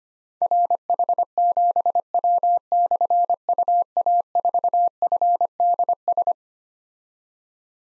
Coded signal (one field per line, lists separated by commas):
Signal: Morse code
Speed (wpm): 25 wpm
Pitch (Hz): 700 Hz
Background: none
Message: RH7W/UA4FDS